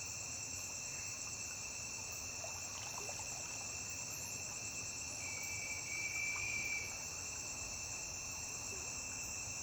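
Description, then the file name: Cricket: continuous shrill trilling on several pitches, steady throughout, with a short louder whirring note around the sixth second. Constant cricket chirping recorded on a riverbank. "Grilo constante na beira de rio"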